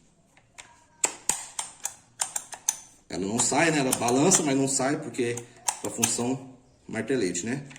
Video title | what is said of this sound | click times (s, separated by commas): QUAL É O MELHOR MARTELETE EM 2024 (CUSTO/BENEFÍCIO) PHILCO PMT01 900W | pega, puxa para trás e empurra até ouvir um clique. | 1.0 s